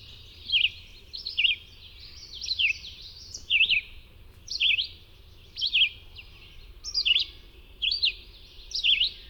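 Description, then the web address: Red-eyed vireo song, short slurred whistled phrases, each rising or falling, repeated about once a second with brief pauses between, over a low steady rumble. "Songs of Birds of North America Know Your Bird Sounds. Red-eyed Vireo"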